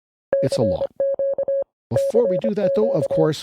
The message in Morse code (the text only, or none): CQ CQ